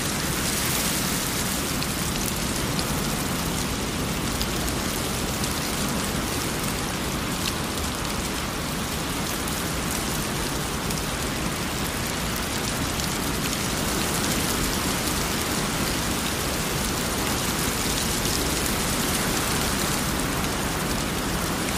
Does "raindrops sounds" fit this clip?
yes